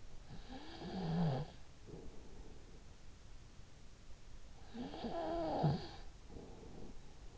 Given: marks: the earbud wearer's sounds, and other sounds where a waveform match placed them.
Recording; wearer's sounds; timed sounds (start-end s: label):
sounds in sleep by an in-ear microphone; snoring breath
0.00-2.85 s: snoring breath
4.34-7.25 s: snoring breath